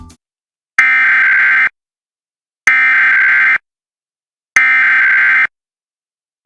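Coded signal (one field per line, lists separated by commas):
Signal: Emergency Alert System (SAME) tones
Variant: header bursts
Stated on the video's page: Real US alerts: severe thunderstorm, tornado and flash flood emergency warnings plus required monthly and weekly tests.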